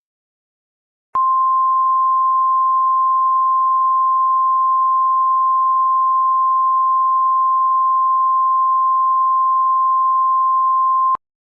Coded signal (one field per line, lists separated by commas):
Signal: Emergency Alert System (SAME) tones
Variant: 1050 Hz attention tone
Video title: EAS MOCK 12: ALL OF ARKANSAS